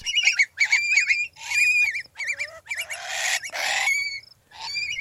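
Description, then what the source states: Long-billed Curlew screeching: loud, wavering, up-and-down shrill calls in rapid bursts, with harsh raspy notes mixed in. Adult curlews screeching while dive-bombing would-be predators to defend their nest; the call signals other curlews in the area to join the mobbing.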